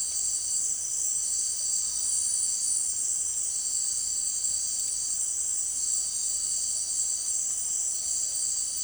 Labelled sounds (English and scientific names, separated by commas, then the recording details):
none
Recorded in secondary vegetation near Puerto Asís, Putumayo, Colombia, on 22 June 2025 at 17:30
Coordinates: 0.499, -76.323
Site G077